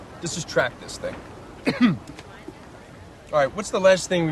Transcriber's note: soundbite of cough